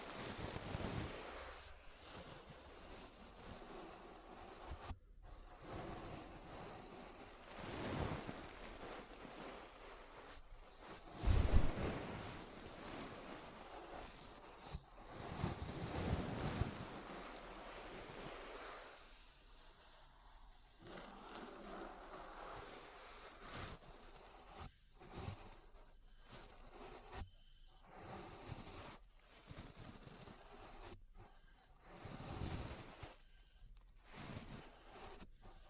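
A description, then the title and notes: Ear brushing: soft, rushing brush strokes sweep in and out, swelling and fading like wind or surf. The strokes are irregular, with louder pushes near 11, 16 and 32 seconds, and the latter half is broken by frequent brief silent gaps. ASMR Relaxing 3Dio Ear Brushing (No Talking).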